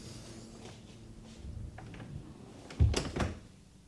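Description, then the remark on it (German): A door swings shut with a solid low thump, followed a moment later by a sharper latch click, after a few soft shuffling handling sounds. No one speaks. “Erlauben Sie, dass ich hereinkomme und dass ich die Tür wieder zumache?”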